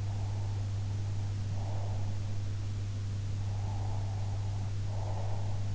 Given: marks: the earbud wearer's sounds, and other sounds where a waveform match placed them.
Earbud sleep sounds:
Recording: sounds in sleep by an in-ear microphone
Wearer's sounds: breath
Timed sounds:
0.00-2.24 s: breath
3.38-5.57 s: breath

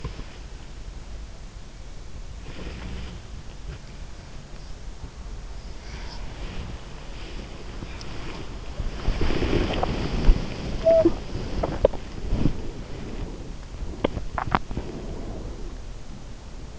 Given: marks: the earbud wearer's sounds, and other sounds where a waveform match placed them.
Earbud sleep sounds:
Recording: sounds in sleep by an in-ear microphone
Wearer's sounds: body movement, talking in sleep, swallowing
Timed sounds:
0.00-16.79 s: body movement
10.75-11.25 s: talking in sleep
13.80-14.86 s: swallowing

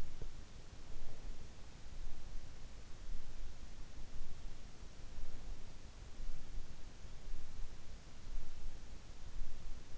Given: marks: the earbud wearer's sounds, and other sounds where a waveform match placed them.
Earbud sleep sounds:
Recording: sounds in sleep by an in-ear microphone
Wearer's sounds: teeth grinding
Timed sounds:
0.00-0.64 s: teeth grinding

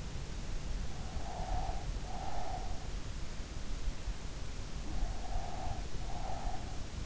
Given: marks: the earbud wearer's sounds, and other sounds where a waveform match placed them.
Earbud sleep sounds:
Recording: sounds in sleep by an in-ear microphone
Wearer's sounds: breath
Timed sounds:
0.99-2.99 s: breath
4.93-7.06 s: breath

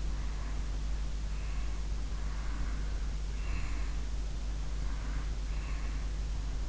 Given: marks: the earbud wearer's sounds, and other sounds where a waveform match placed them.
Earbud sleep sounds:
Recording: sounds in sleep by an in-ear microphone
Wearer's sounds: breath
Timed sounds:
0.00-1.77 s: breath
2.06-3.97 s: breath
4.77-6.10 s: breath

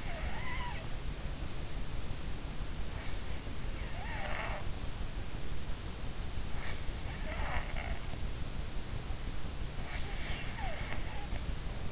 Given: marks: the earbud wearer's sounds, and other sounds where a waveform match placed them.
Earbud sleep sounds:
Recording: sounds in sleep by an in-ear microphone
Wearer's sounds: snoring breath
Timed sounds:
0.00-1.74 s: snoring breath
3.41-4.89 s: snoring breath
6.66-8.09 s: snoring breath
9.69-11.92 s: snoring breath

